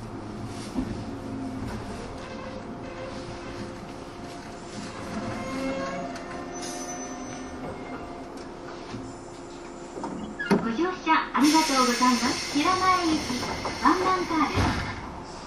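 A train on the Bantan Line runs with a steady low rumble and hum, then grows louder after ten seconds with swooping, wavering squeals.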